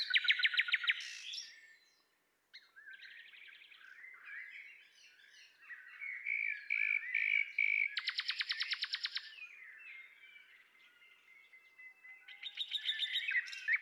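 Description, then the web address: Common nightingale song: loud rapid trills and repeated notes between softer warbling phrases, with a brief pause near two seconds and a fast rattling burst toward the end. "pub SETE data Luscinia megarhynchos"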